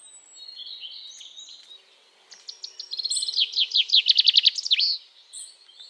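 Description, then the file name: European robin song: thin high whistles and scratchy warbled phrases, building into a loud, fast trill, then a high note after a brief pause. "Erithacus rubecula"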